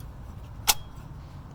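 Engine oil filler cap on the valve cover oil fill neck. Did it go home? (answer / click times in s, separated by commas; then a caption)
yes / 0.7 s. After oil is added through a funnel, the engine oil filler cap is put back on the valve cover oil fill neck of a 1997–2001 Mercury Mountaineer/Ford Explorer 5.0 and turned until it clicks. A single loud, sharp click at 0.7 s stands out over a steady low rumble, and the cap is seated.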